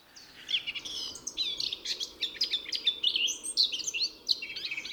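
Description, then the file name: Eurasian blackcap pouring out a continuous, busy warble of bright whistles and twitters with no real pauses. "Sylvia atricapilla"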